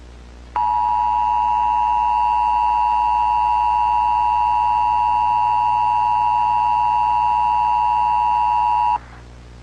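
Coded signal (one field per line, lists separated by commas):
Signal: Emergency Alert System (SAME) tones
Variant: 853 and 960 Hz attention tone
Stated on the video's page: Fictional EAS scenario in analog horror style, not a real alert.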